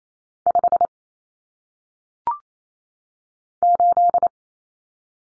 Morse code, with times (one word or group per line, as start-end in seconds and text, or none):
0.5-0.9 5
3.6-4.3 8